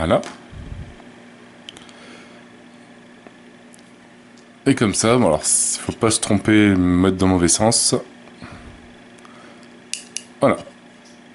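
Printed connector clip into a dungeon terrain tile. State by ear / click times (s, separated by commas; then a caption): seated / 9.9 s, 10.2 s. A 3D-printed plastic OpenLOCK-style connector clip is inserted the right way round into a dungeon terrain tile and pressed in until it seats. Someone talks over faint handling noise, then two sharp plastic snaps land at 9.9 s and 10.2 s as the clip locks in to stay inside the tile.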